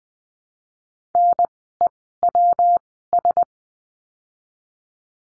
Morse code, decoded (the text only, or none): NEWS